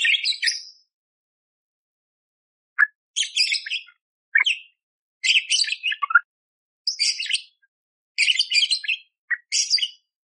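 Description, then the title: Budgerigar warbling song: bursts of chattering, scratchy chirps and squeaky notes separated by short silences, with no other sounds. Lively, clear-singing budgerigar full of rough 'tembakan' bursts, used as a training tutor (masteran) for magpie-robins. "Masteran Burung Parkit Gacor Jernih Durasi Panjang Full Isian Tembakan Kasar Cocok Buat Kacer"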